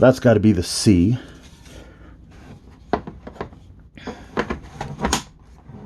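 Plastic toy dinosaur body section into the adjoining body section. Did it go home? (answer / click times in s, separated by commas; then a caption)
yes / 5.1 s. Someone talks as a plastic body section (piece C) of a large Mattel Jurassic Park Hammond Collection Brachiosaurus toy is pushed into its mating body section during one-time assembly. After a sharp knock at 2.9 s and a few small handling clicks, the piece snaps cleanly into place with a firm click at 5.1 s, and the section is seated.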